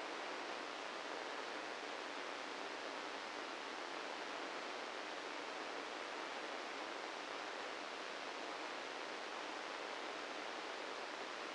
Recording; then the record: brain microelectrode recording played as sound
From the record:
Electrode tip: inside the subthalamic nucleus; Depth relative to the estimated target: -3 mm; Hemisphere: left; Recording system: NeuroSet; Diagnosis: Parkinson's disease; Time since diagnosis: 13 years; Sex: male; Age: 65 years